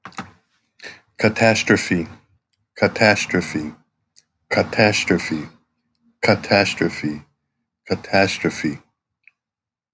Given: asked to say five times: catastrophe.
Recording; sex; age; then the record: repeated word; male; 50 to 59 years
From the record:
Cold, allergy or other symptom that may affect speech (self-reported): no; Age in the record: 56 years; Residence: Hawaii, United States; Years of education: 17